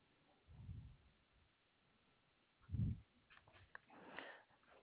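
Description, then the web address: Koala low grunting bursts, two deep rumbling pulses a couple of seconds apart, followed by fainter higher crackling sounds. Recorded 6 2 2021. "Koala CS HMCrecordings 6 2 2021"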